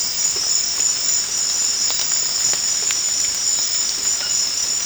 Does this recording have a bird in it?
no